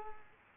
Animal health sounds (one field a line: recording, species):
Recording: mosquito wingbeat signal from an infrared sensor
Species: Culex quinquefasciatus